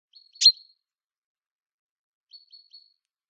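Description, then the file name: Common chaffinch gives one sharp, emphatic high call note, followed after a pause by a few faint, thin, high notes in a short series; otherwise quiet. "Fringilla coelebs"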